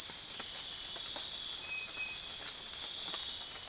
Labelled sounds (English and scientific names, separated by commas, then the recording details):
none
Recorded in secondary vegetation near Puerto Asís, Putumayo, Colombia, on 30 June 2025 at 04:30
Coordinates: 0.485, -76.322
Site GP06